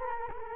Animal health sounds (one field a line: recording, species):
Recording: mosquito wingbeat signal from an infrared sensor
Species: Culex quinquefasciatus